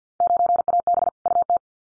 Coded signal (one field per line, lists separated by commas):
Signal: Morse code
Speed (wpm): 50 wpm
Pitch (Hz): 700 Hz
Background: none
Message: 9AB UT